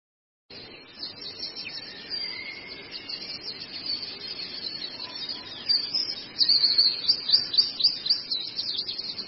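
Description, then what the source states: Long-tailed shrike song, high chattering and scratchy notes building into rapid repeated chips near the end, over a steady hiss. Used for training cage birds (masteran).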